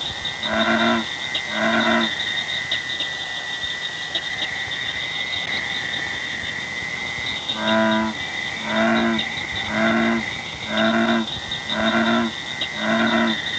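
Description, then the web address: True frog croaks: two early, then six in a steady series about one per second, with continuous insect trills behind. "frogs Family"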